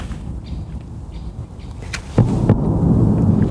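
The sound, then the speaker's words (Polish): A sharp crack is followed by a heavy boom that swells into a sustained low rumble, with a second crack partway through: test detonations of mining explosives on the testing ground of a nearby factory in Bojszowy, Poland. No voices, only a faint background hiss before the blasts. “To na placu prób bada się kolejne środki wybuchowe. Górnicze w pobliskiej fabryce.”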